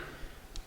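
While refitting a Nexus 5 battery, a flat flex connector is lined up and pressed by finger onto its socket on the phone's mainboard. A single short tick is heard at 0.6 s, and the connector snaps on and is seated.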